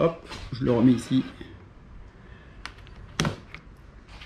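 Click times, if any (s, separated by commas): 3.2 s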